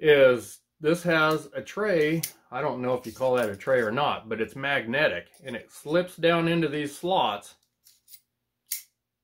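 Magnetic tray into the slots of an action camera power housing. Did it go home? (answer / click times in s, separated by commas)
yes / 8.7 s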